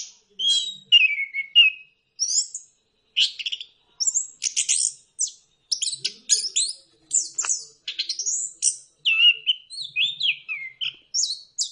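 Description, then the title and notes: Bird song made of rapid, high chirping and scratchy notes in many short bursts with brief gaps, steady throughout. Bird chirping song meant for training pet birds. "Suara Burung. Suara Kicauan Burung untuk memaster burung kesayangan"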